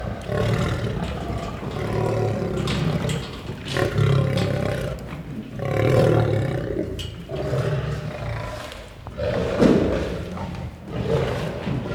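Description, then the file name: Lion growling and roaring, deep rumbling bouts swelling and fading repeatedly, with low rough tones throughout. "Het grommen en brullen van een leeuw - Beeld en Geluid"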